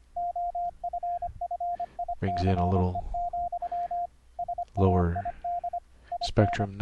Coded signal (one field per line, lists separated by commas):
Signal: Morse code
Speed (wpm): 25 wpm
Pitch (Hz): 700 Hz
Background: speech, radio noise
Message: OFFICE, SAID IN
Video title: Morse Code QSO over the internet - software setup - config 14 - 3 reapers 3 virtual cables